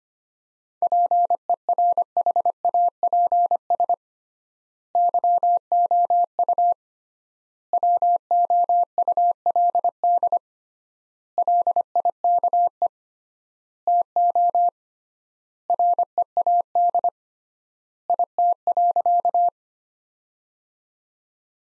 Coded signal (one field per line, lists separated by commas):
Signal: Morse code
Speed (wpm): 25 wpm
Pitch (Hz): 700 Hz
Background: none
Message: PERHAPS YOU WOULD LIKE TO READ IT.